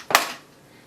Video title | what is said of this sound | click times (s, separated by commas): Demo of my Snap n Go and Umbrella Strollers - Doll Break Ep. 831 | and you hear it lock in place. | 0.1 s